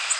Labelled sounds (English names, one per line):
Golden-cheeked Warbler flight call